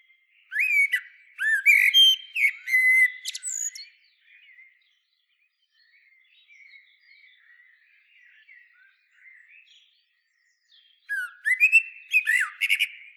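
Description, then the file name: Common blackbird: a long, varied fluty phrase with high twittering, then soft warbling during a quiet stretch, before another loud mellow phrase begins. "Turdus merula"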